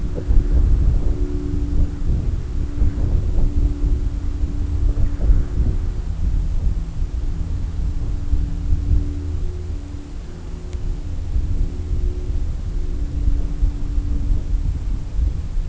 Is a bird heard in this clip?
no